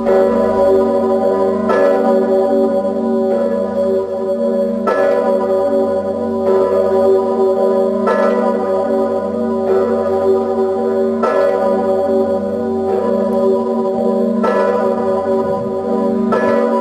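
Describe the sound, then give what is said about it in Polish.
The huge, deep royal Zygmunt cathedral bell tolls steadily, about ten loud strikes roughly every second and a half, each ringing into a thick, humming sustain that never fully fades between blows. “Pozostaje nam posłuchać, jak brzmi królewski dzwon Zygmunt.”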